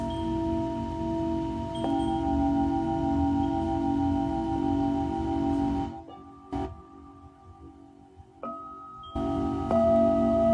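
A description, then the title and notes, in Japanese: A Tibetan singing bowl rings with a steady, sustained tone and a pulsing shimmer in its low hum, with clear higher overtones ringing above. Fresh strikes land near two, six and a half, eight and a half and ten seconds. Between six and nine seconds the sound thins to quieter, lingering tones. 夜のシンギングボウルのサウンドヒーリング。チベタンシンギングボウルの子守唄。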